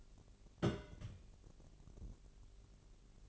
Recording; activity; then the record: daily activity, microphone in the room; place on stove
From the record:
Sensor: 4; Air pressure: 1002.8 hPa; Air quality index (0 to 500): 238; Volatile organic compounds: 10 ppm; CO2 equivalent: 2230 ppm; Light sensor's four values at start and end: 6/14/6/6 and 6/14/6/6